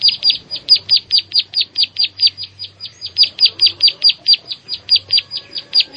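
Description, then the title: Prinia song of quick, high, ticking notes repeated evenly throughout. "Ciblek Sawah"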